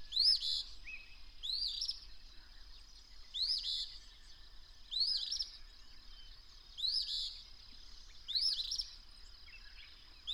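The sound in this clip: Bird song with bright upswept whistles and buzzy endings, repeated several times, plus a continuous high-pitched hum.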